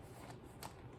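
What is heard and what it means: The fabric outer bag of an Oreck XL upright vacuum is pushed into its plastic dock on the handle, pressed at the center and sides. Against a quiet, low rustling background, a single sharp snap sounds at 0.6 s. The bag is seated and locked in its dock.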